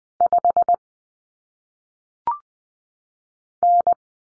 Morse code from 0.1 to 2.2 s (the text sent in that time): 5